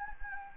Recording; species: mosquito wingbeat signal from an infrared sensor; Anopheles gambiae